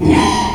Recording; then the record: squeal of a Yucatan mini pig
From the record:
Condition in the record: after surgery on the right vocal fold (resection and tissue-engineered implant); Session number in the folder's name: 2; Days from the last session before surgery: 13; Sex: male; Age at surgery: 12 weeks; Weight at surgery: 13 kg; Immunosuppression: cyclosporine, prednisolone